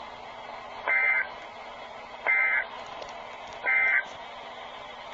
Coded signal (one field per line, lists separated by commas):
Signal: Emergency Alert System (SAME) tones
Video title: EAS #4 Severe thunderstorm warning Linn IA